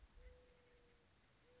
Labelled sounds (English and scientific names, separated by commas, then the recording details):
Mourning Dove (Zenaida macroura)
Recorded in Sonoma County, California